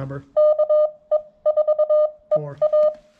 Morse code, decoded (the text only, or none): KE4EA